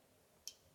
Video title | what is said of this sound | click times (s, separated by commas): Benelli Nova 12 Guage | tap back on and you'll hear it click until you have just feel tension | 0.5 s